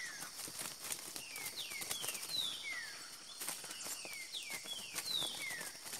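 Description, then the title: Green-winged saltator song: a run of clear whistled notes, each sliding downward, repeated in quick succession over soft background hiss. Bird called Nicão, in the bush, singing in a dispute with a free-living bird. "Trinca Ferro NICÃ O No Mato Disputando Com Solto"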